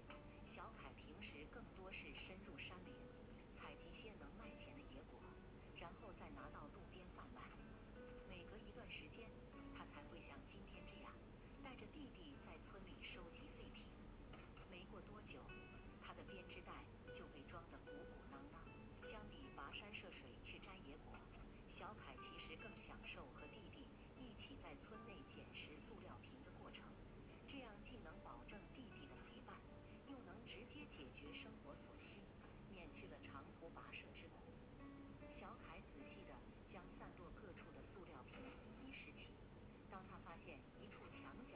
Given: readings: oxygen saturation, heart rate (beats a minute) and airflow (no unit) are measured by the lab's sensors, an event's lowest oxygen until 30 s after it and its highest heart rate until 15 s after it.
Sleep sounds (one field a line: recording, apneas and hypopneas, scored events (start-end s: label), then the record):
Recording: a person awake in a sleep study, by a voice recorder at the bedside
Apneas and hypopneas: none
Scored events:
0.00-41.56 s: awake
From the record:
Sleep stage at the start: awake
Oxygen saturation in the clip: 94 to 96%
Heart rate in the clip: 72 to 76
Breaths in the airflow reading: 10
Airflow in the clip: -3.5 to 4.6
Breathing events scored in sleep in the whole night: 131 in 7.2 hours asleep